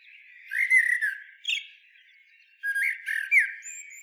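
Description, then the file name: Common blackbird giving two mellow fluted phrases about two seconds apart, each followed by thin, high twittering notes. "Turdus merula"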